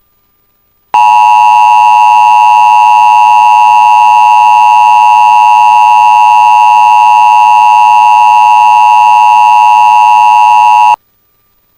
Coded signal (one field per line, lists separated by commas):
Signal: Emergency Alert System (SAME) tones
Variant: 853 and 960 Hz attention tone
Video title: EAS FFW 1:37pm Puerto Rico 2-jun-2024